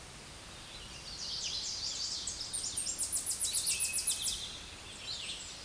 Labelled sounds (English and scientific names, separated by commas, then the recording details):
Tennessee Warbler (Leiothlypis peregrina) song
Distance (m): 15 m
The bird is about 10 m above the microphone
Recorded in a Pennsylvania forest on 16 May 2024 at 07:17
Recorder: AudioMoth, point MSD-1849
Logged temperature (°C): 12.1 °C
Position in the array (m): 23 m, 45 m